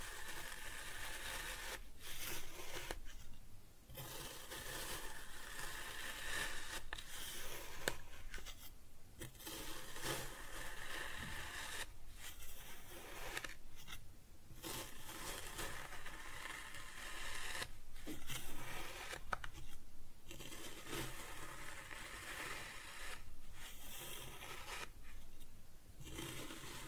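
Kinetic sand being cut and scooped, a dense gritty scraping and rubbing that runs almost continuously through the clip. Short pauses break it every few seconds, near 3, 9, 14, 18, 20 and 24 seconds. The texture is soft and crumbly rather than sharp.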